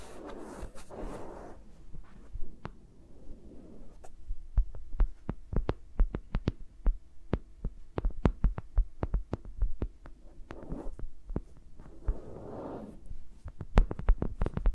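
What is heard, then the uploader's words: ASMR finger sounds with mics around the fingers: a rapid, irregular series of sharp taps and clicks, densest from about four to ten seconds and again near the end. Soft rustling swells come at the start, around eleven seconds and near thirteen, over a low steady hum. ASMR with Mics Around My Fingers (No Talking).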